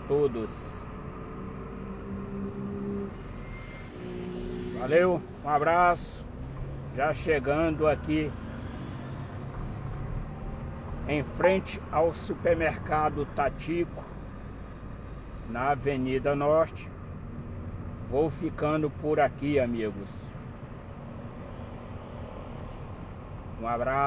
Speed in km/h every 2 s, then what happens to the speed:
29, 17, 15, 25, 30, 31, 32, 30, 26, 27, 28, 25.
0-3 brakes to 15. 3-9 speeds up to 31. 9-24 steady at about 28.